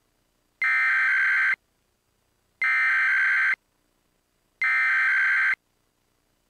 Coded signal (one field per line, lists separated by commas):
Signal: Emergency Alert System (SAME) tones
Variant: header bursts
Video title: EAS Mini Scenario: Unknown Suspect in Mobius City